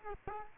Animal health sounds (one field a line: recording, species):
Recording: mosquito wingbeat signal from an infrared sensor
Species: Culex quinquefasciatus